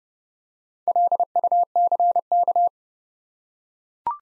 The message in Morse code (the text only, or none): LUCK